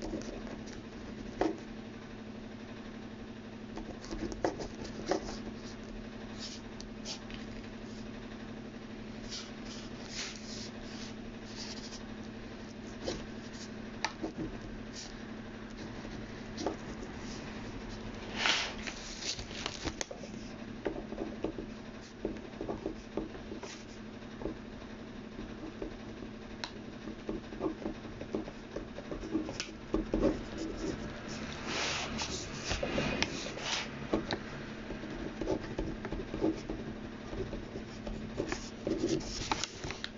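Someone copies out text, with light pen scratches and taps over a steady low hum, growing busier around eighteen and thirty-two seconds.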